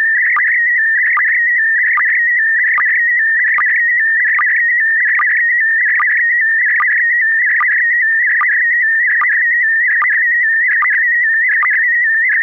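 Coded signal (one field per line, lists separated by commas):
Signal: SSTV (slow-scan television)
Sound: warbling, chirping tone around 2 kHz with a short low blip under a second apart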